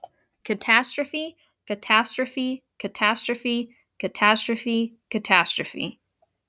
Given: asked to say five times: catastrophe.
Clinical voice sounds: repeated word; female; 30 to 39 years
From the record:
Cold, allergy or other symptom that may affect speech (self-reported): no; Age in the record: 30 years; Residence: Virginia, United States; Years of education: 17

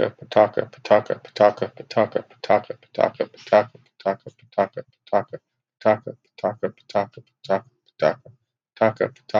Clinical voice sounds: repeated syllables /pa ta ka/; male; 30 to 39 years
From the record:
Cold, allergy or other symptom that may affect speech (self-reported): no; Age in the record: 38 years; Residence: Pennsylvania, United States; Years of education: 16

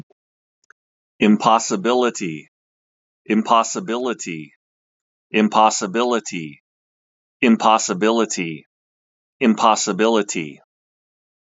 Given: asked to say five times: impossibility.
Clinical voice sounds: repeated word; male; 50 to 59 years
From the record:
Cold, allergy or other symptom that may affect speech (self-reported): no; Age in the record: 51 years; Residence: Washington, United States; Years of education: 14

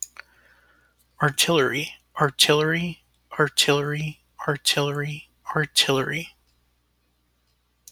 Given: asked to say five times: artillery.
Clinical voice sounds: repeated word; male; 40 to 49 years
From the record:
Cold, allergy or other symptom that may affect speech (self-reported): no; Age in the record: 42 years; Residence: California, United States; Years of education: 16

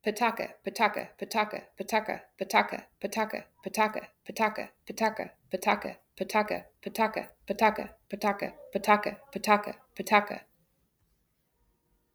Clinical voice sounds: repeated syllables /pa ta ka/; female; 30 to 39 years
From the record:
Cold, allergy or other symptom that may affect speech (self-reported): no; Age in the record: 32 years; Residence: Nebraska, United States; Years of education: 16

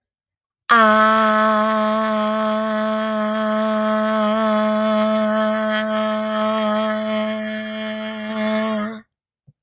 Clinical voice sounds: vowel held as long as possible; female; 20 to 29 years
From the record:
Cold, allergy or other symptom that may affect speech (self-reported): no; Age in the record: 24 years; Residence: Connecticut, United States

